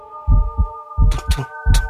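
A deep, booming heartbeat sound effect in a music track thumps in paired beats, low and punchy, over a steady sustained synth hum, with bright bursts of percussive noise accenting some of the beats.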